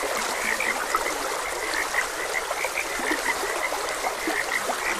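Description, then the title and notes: Frogs croak clearly in a rhythmic chorus, bright notes coming in quick succession with softer low croaks, a gentle stream trickling behind. Frogs croaking beside a gentle stream. "Gentle Stream and Frogs Croaking. Sleep and Relaxation Podcast"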